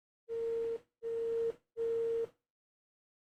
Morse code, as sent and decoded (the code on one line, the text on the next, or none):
none